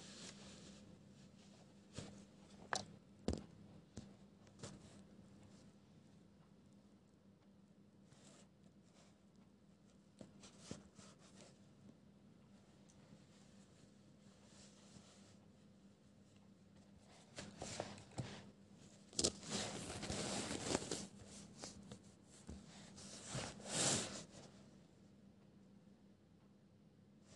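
Pencil scribbling and page handling over a steady low hum. Sharp taps and short scratches come every few seconds early on, then denser, louder bursts of scribbling and rustling arrive around 18 to 21 seconds and again near 24 seconds.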